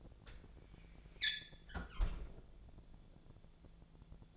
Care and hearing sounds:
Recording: daily activity, microphone in the room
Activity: close fridge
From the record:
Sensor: 5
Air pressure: 1000.1 hPa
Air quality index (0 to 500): 105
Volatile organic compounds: 1 ppm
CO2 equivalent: 847 ppm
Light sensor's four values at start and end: 218/519/220/240 and 215/514/218/237

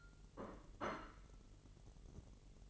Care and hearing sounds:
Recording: daily activity, microphone in the room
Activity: place plate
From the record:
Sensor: 4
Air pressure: 1002.9 hPa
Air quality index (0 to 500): 247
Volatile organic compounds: 20 ppm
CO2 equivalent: 2683 ppm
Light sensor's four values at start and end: 5/12/4/5 and 5/12/4/5

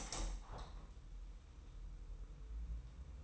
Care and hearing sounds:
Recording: daily activity, microphone in the room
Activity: open window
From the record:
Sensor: 1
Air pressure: 990.4 hPa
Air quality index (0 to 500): 164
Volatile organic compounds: 1000 ppm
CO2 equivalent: 5975 ppm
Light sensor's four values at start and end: 20/46/20/21 and 21/47/20/22

